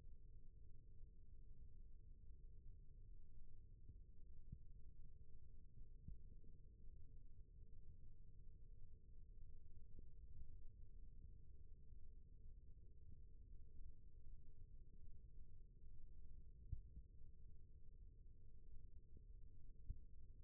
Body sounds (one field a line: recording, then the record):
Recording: forearm muscle sounds (acoustic myography)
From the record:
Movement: rest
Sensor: system 1, eight BSWA MPA416 microphones around the upper forearm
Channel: 2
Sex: male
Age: 21 years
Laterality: right